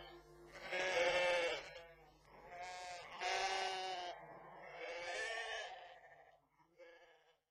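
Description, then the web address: Sheep bleating in several wavering, quavering bleats of varying length, separated by short pauses, the last one fainter. "Pesni Happy Baby series Nature Happy Babies Series-Nature - Sheep"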